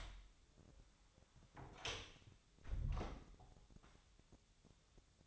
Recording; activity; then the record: daily activity, microphone in the room; close door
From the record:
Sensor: 3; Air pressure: 1007.5 hPa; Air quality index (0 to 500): 194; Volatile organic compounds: 15 ppm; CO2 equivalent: 2486 ppm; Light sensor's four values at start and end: 12/29/12/12 and 12/28/12/12